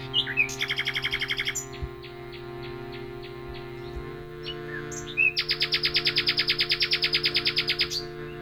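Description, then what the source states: Common nightingale song, a rapid stuttering series of notes, a pause of thin quiet notes, then a loud fast rattling trill of repeated notes, over low hum. Nightingale singing in collaboration with musicians.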